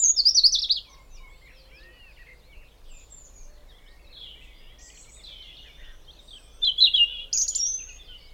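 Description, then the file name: European robin song, a short high twittering burst, soft scattered notes, then two more thin high phrases near the end. "Erithacus rubecula"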